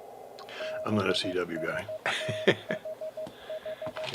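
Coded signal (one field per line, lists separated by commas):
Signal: Morse code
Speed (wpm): 15 wpm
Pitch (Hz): 630 Hz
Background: speech, radio noise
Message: BSTHH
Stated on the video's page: Coast station KPH sending an Enigma-encrypted message in Morse and RTTY on its shortwave frequencies, received on an IC-7610.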